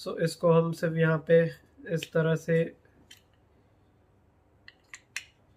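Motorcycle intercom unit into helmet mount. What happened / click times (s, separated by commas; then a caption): The unit slid onto its mount and locked / 5.2 s. Someone talks, then a Bluearmour C20 motorcycle intercom main unit is slid onto its non-magnetic helmet mount, with a few faint ticks around 3.1, 4.7 and 4.9 seconds. A sharp, strongest click at 5.2 seconds marks the unit locking into place on the mount.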